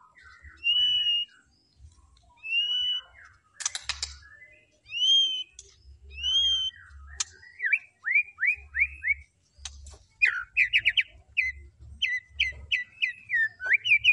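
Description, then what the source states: White-rumped shama song, arched whistled phrases with gaps, then a string of quick falling notes and fast trilled bursts, low thuds in the background. Lure recording played to make the bird respond; the singing is described as gacor, persistent vigorous song.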